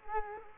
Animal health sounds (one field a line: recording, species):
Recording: mosquito wingbeat signal from an infrared sensor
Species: Culex quinquefasciatus